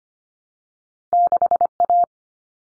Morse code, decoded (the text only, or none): 6A